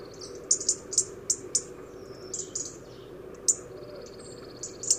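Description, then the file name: European robin giving sharp, very high ticking notes in quick pairs and short bursts, with thin drawn-out high whistles between, over a steady low rumble. "Erithacus rubecula"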